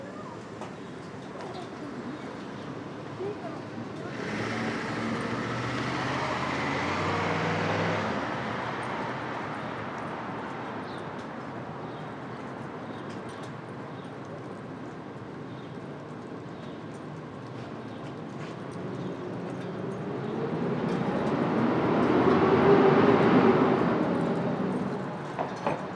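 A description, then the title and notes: Street traffic at dawn in Brooklyn, a steady low rumble underneath throughout. A vehicle passes around five to eight seconds, and a louder, brighter one swells in from about nineteen seconds, peaking near twenty-three before fading at the end. Brooklyn Dawn, 4 - 17 - 20, Street Traffic II.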